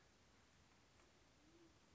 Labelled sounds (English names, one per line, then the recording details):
Band-tailed Pigeon
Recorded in Sonoma County, California